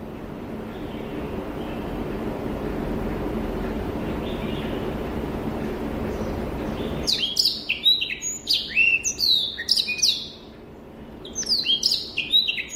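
Rüppell's warbler singing: after a long stretch of background hiss, a lively chatter of rapid whistled sweeps and clicks starts, breaks briefly, then resumes.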